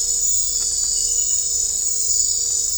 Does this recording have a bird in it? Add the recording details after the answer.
no. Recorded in dense forest near Puerto Asís, Putumayo, Colombia, on 22 December 2024 at 22:30. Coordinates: 0.500, -76.322. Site G053